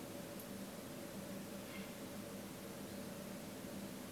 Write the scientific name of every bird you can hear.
Ardea cinerea